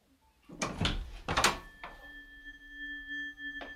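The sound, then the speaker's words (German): A door being opened: a couple of loud wooden clunks and rattles, then a steady, thin whining tone that lingers, broken by one more short knock near the end. “Komm, mach die Türen auf!”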